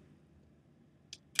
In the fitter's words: and then it pops right in there